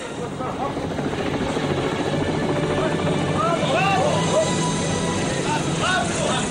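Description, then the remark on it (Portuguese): A helicopter flies overhead, its rotor beating in a steady, rapid thump over a loud, continuous engine roar, with indistinct voices faintly mixed underneath. “Podem trazer o helicóptero!”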